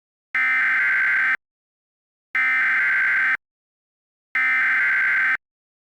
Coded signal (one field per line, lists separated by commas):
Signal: Emergency Alert System (SAME) tones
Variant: header bursts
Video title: EAS Mock - Tornado Warning For Nordsachsen and Leipzig